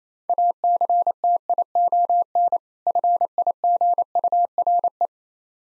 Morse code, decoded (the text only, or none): ACTION FIGURE